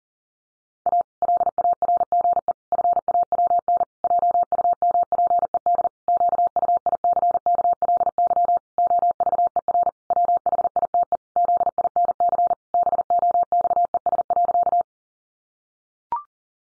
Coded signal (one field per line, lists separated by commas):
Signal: Morse code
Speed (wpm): 40 wpm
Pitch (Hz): 700 Hz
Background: none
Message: A LARGE FAWN JUMPED QUICKLY OVER WHITE ZINC BOXES.